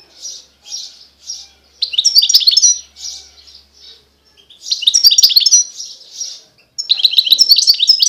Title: اجمل غناءالحسون الخلويchant chardonneret sauvage